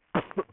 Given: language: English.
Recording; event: throat vibration sensor signal played as sound; cough